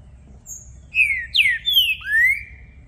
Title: ESQUENTAR Seu TRINCA Piando, Cantando E Macheando Na DISPUTA. Trinca Ferro VALENTE! VIRANDO VARIOS TIPOS DE CANTOS!! Melhor para ABRIR O CANTO!!